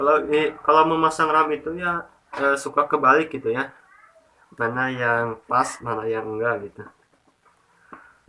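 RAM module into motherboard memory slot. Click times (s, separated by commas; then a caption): 7.9 s. Someone talks while a RAM module is pushed into a motherboard memory slot. After the talking stops, the slot latch snaps shut with a sharp click at 7.9 s, and the module locks in by itself, showing it was installed correctly.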